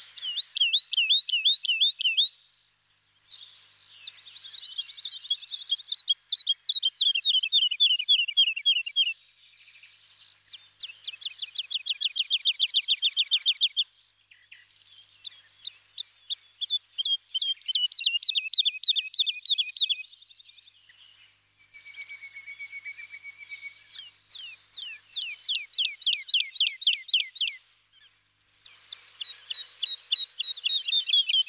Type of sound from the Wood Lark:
song